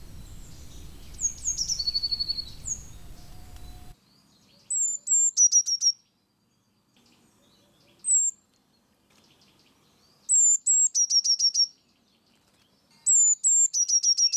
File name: canto cinciarella Cyanistes parus caeruleus blue tit blaumeise herrerillo